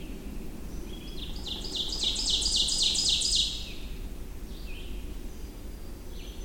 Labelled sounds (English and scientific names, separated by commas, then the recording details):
Ovenbird (Seiurus aurocapilla) song
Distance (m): 15 m
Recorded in boreal forest in Alberta, Canada, on 25 June 2016 at 07:16
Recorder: SongMeter 3, array SBT-6-76
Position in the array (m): 15 m, 116 m
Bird 2